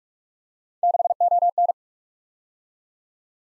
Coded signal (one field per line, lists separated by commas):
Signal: Morse code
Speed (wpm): 45 wpm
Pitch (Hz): 700 Hz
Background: none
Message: 6ON